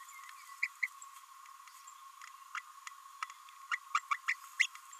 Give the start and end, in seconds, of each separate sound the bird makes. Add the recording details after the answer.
0.62-0.67, 0.82-0.87, 2.56-2.59, 3.22-3.26, 3.71-3.75, 3.94-3.99, 4.11-4.14, 4.28-4.35, 4.59-4.67. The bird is a female. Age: 26 days. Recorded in a nest box in Venezuela. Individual 17B32A7